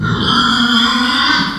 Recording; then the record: squeal of a Yucatan mini pig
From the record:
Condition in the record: after surgery on the right vocal fold (resection and tissue-engineered implant); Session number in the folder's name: 16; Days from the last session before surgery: 183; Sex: female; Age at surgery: 19 weeks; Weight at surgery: 25 kg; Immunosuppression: prednisolone